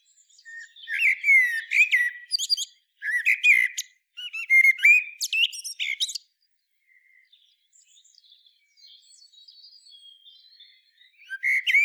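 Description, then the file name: Common blackbird calls: a run of loud squeaky, chattering phrases over the first six seconds, then mostly quiet with faint high notes, and a new phrase starting at the end. "Turdus merula"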